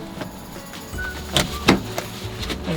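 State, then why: Seated. The driver's seatbelt is fastened by pushing its metal tongue into the buckle beside the seat, and it latches with a sharp click at 1.4 s. Two more short hits follow at 1.7 s and 2.0 s over a low background hum. No one talks in this stretch.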